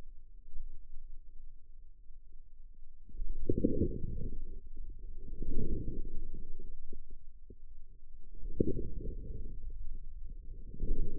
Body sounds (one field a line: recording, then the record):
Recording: forearm muscle sounds (acoustic myography)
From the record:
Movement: inward rotation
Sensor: system 2, bracelet of six BSWA MPA416 microphones around the upper forearm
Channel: 5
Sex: male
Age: 22 years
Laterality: right